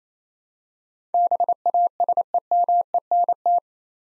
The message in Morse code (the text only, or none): BASEMENT